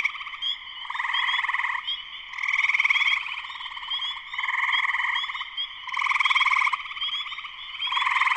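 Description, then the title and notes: Spring peepers in dense chorus, high piping peeps overlapping into a constant shrill wall, swelling and fading in waves. Full chorus of spring peepers shortly after sunset in Sleeping Bear Dunes National Lakeshore, northern Michigan, USA. "Spring peepers (chorus frogs) in full chorus shortly after sunset in the Sleeping Bear Dunes National Lakeshore in northern Michigan, USA."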